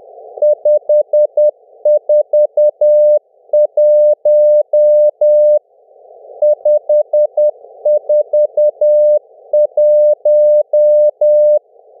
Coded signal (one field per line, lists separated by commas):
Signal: Morse code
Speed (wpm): 10 wpm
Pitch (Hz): 600 Hz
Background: none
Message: 541 541